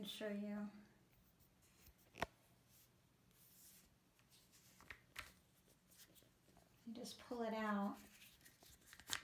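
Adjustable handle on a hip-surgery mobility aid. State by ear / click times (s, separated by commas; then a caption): seated / 9.1 s. Someone talks while pulling out and rotating the adjustable handle of a hip-surgery mobility aid, then letting it go. A sharp snap is heard at 9.1 s as the handle snaps back into place.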